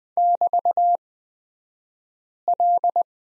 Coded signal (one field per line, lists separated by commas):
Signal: Morse code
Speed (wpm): 20 wpm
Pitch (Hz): 700 Hz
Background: none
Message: <BT>L